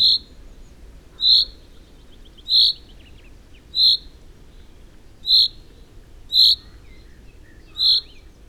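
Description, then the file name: Common chaffinch calling, seven emphatic 'pink' notes at slightly uneven intervals. "Fringilla coelebs"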